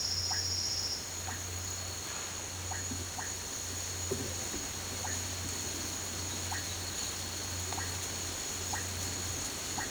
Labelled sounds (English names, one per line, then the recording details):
none
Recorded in pastures near Puerto Asís, Putumayo, Colombia, on 8 March 2025 at 13:00
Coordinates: 0.466, -76.322
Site CSA-02